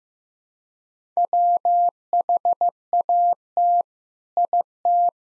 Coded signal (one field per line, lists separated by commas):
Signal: Morse code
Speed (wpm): 15 wpm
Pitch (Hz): 700 Hz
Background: none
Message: WHAT IT